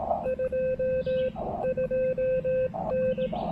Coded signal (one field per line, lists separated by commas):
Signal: Morse code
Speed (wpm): 17 wpm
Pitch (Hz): 530 Hz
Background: none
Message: 22N